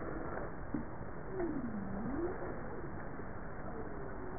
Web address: JASA 2013 Blue Bowhead